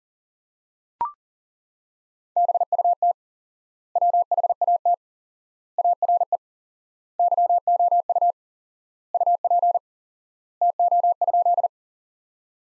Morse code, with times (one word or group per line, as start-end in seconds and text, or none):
2.4-3.1 BUT
4.0-4.9 WHAT
5.8-6.4 ARE
7.2-8.3 YOU
9.1-9.8 UP
10.6-11.7 TO?